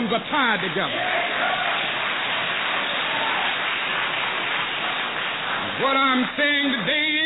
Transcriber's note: applause